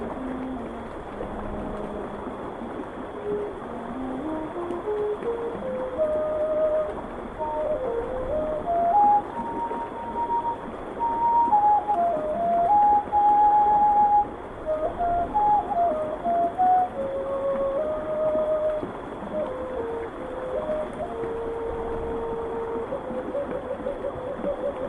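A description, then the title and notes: A soft flute plays a slow, wandering melody of long held notes, rising from low tones into a higher middle range and drifting back down. Underneath, steady rain on a river makes a dense, even hiss that never lets up. Night Rain on River w/ Light Japanese Flute.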